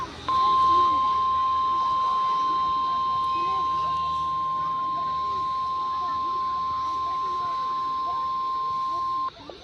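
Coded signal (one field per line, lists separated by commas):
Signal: Emergency Alert System (SAME) tones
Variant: 1050 Hz attention tone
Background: speech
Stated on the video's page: Compilation of EAS alert and test captures.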